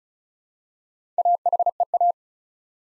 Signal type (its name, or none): Morse code